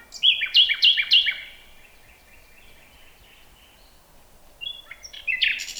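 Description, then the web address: Common nightingale song: several loud sharp descending notes repeated about every third of a second, a quiet soft passage, then new rapid phrases. "nachtegaal luscinia megarhynchos"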